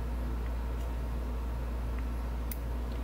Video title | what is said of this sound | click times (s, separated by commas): Tips of How to Replace and Install New Rubber Kits on your Oakley Flak 2.0 XL sunglasses | and it pops right in | 2.5 s